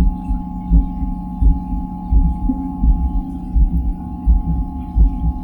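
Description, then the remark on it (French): A low, steady drone with a faint tonal hum above it, pulsing in regular heavy throbs roughly every half second, like a deep heartbeat pounding beneath the hum. No voices. “Mais tu es dans une espèce de temps suspendu où tu entends cette pulsation, ce bourdonnement qui dépasse la rage, la hargne, la vitesse acquise, la célérité, la folie qui s'est emparée de la tourbière.”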